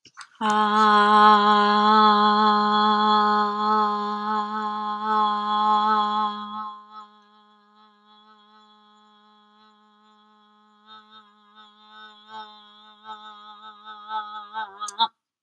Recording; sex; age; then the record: vowel held as long as possible; female; 40 to 49 years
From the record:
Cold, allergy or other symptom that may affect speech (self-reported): no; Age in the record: 48 years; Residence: California, United States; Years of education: 18